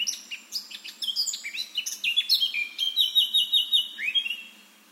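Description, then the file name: Eurasian blackcap song: scratchy rapid warbling that breaks into a clear, loud series of fluty whistled notes. "Sylvia atricapilla"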